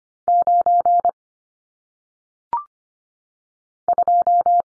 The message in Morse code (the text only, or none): 9 2